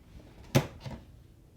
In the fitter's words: Just put it like this and then with your thumb push it until it clicks in place.